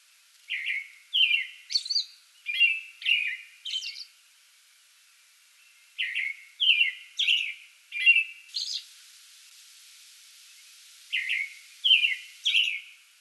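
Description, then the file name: American robin song in two bursts of quick whistled phrases with high squeaks, a pause of about two seconds between them, then more phrases at the end. Pre-dawn song bout, recorded 8 May 2022. "2022-05-08 American Robin pre-dawn song bout"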